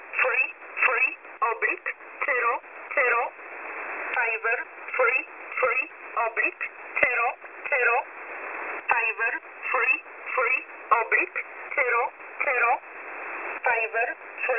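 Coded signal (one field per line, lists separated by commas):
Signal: numbers station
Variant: E11 Oblique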